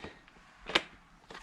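A plastic shut-off valve is pushed down onto the outlet port on top of a Fluval FX6 canister filter head, with a soft rustle before a sharp, bright click at 0.8 s. The click marks the valve locking on securely, seated with both valves on tight.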